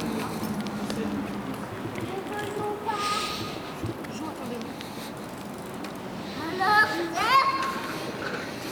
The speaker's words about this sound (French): J'entends un chien qui aboie. Et des enfants qui jouent. Et qui font du vélo.